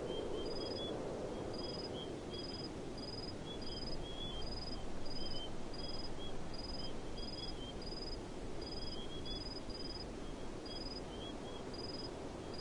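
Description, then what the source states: Crickets giving short pulsed chirps in a quick series, with a fainter lower chirping insect and constant low rumbling noise throughout. Crickets chirping in a desert.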